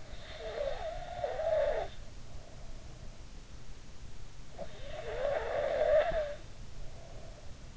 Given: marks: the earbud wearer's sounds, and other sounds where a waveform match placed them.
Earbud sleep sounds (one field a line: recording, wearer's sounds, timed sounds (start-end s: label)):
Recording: sounds in sleep by an in-ear microphone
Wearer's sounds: snoring breath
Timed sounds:
0.00-2.87 s: snoring breath
4.52-7.49 s: snoring breath